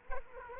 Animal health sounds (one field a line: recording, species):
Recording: mosquito wingbeat signal from an infrared sensor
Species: Culex quinquefasciatus